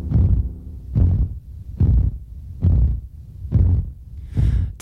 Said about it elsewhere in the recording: There are all kinds of things that cause tinnitus. Exposure to loud sounds, hearing loss, even stress. With it, you hear constant noise, usually a ringing or a buzz. But people can experience lots of different sounds. These simulations were created by the British Tinnitus Association. For some, the sound is completely deafening, and often, there's no cure.